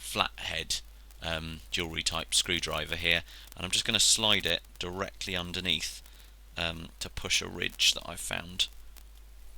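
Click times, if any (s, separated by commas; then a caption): 9.0 s. Someone talks while sliding a 1.2 mm flathead screwdriver under the plastic housing of a Conair/Babyliss iStubble beard trimmer and levering it upward against an internal ridge. A sharp click at 9.0 s marks the plastic snap clip holding the trimmer's case halves together releasing, so the case clips open.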